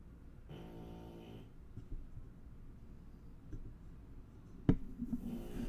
Doggy snoring.